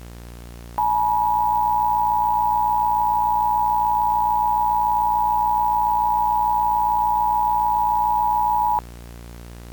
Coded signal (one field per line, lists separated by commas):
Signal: Emergency Alert System (SAME) tones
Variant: 853 and 960 Hz attention tone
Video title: Corny Catastrophe: An MLP Weather EAS Scenario Spinoff